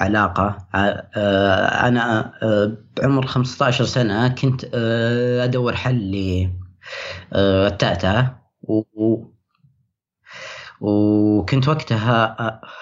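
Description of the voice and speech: An adult man speaks Arabic in a low voice with several stretched vowels and a 'w' sound repeated across a long silent block. These prolongations, repetitions and blocks are signs of stuttering, a disorder of speech fluency. His stuttering began at age 10 and was at its most severe at 15. He also has an anxiety disorder that began at 15.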